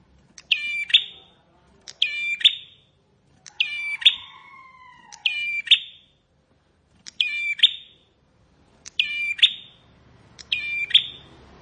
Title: Ciblek Sawah